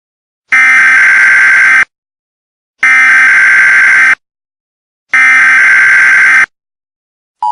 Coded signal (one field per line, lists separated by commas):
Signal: Emergency Alert System (SAME) tones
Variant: header bursts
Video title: EAS Scenario: Dinosaur Escape